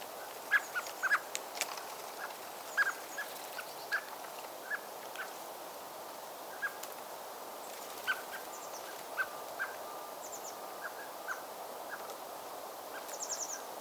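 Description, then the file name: Common blackbird giving short, low clucking chuck notes, scattered singly and in quick pairs, over steady background hiss with faint high thin calls from other birds. "Turdus merula"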